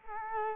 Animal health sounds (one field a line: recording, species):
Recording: mosquito wingbeat signal from an infrared sensor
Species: Culex quinquefasciatus